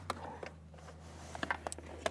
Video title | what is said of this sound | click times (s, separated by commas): etrailer - Installing the Redarc Tow-Pro Liberty Brake Controller on a 2017 Toyota Highlander | so what I'm going to do is just plug it into the bottom part of our box here and it's just going to click right in place and | 1.5 s